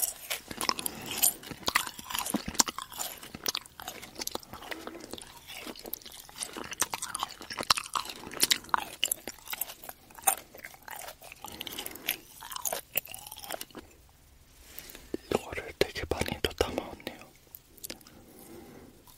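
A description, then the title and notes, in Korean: Chewing of jelly and marshmallows, with dense, sticky, squishy mouth sounds and frequent sharp clicks throughout. The bites come irregularly but steadily, with a brief quieter stretch around fourteen seconds before the chewing picks up again. 달콤함 가득 젤리 & 마쉬멜로우 이팅 사운드.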